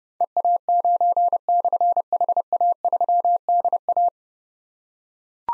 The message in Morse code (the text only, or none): EA9/HA3DA